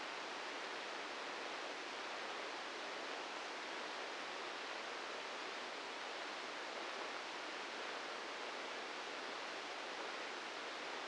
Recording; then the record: brain microelectrode recording played as sound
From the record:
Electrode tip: inside the subthalamic nucleus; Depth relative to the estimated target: 1 mm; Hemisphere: right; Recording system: NeuroSet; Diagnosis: Parkinson's disease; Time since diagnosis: 13 years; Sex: male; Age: 66 years